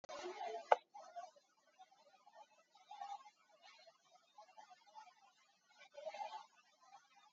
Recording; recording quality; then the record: deep breathing; poor, much background noise or distortion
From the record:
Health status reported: COVID-19 positive, moderate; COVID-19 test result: positive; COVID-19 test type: RT-PCR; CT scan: taken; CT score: 6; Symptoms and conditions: cough, cold, fever, muscle pain, loss of smell and taste, diarrhoea, hypertension, diabetes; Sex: male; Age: 67 years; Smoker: no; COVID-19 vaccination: none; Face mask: worn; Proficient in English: yes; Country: India